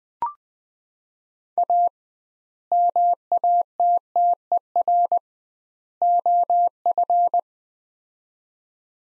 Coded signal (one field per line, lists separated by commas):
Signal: Morse code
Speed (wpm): 20 wpm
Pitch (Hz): 700 Hz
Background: none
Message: A MATTER OF